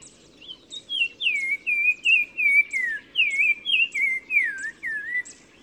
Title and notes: OISEAU TELEPHONE. 15 mars 2000-Oued Massa - Maroc. le Téléphone tchagra (Tchagra senegalus - Black-crowned Tchagra) qui se fait remarquer par sa phrase répétée